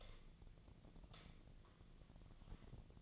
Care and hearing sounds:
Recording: daily activity, microphone in the room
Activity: light on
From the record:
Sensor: 4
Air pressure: 1010.7 hPa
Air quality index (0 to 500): 172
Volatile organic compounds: 5 ppm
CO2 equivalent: 1744 ppm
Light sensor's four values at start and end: 37/108/43/44 and 38/109/43/44

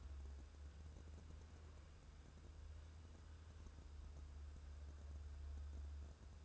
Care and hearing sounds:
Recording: daily activity, microphone in the room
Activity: wipe stove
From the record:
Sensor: 2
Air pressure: 1015.0 hPa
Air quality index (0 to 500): 52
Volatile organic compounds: 1 ppm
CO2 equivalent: 646 ppm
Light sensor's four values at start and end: 13/35/14/15 and 13/35/14/15

